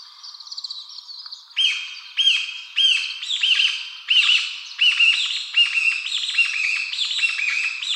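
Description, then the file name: Chinese bamboo partridge calling: soft high notes, then loud harsh notes repeated in quick succession, building into an insistent overlapping series. Recorded 23 March 2016. "kojukei 160323"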